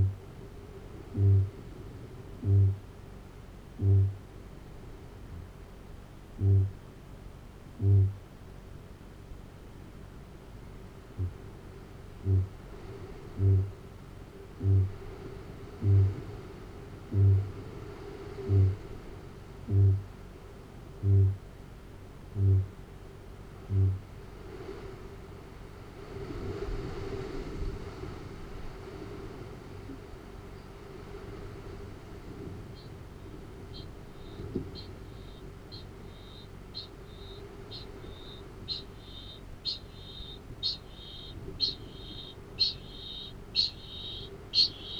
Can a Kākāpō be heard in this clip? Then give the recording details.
yes. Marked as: faintness 2/5, faintness 5/5, faintness 4/5, faintness 3/5. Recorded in New Zealand. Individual Arab